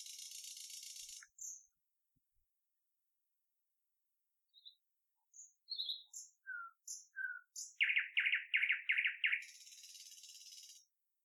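Bird calls: scattered high chirps and whistled notes, then a quick buzzy run of five or six notes, with bursts of hiss at the start and end.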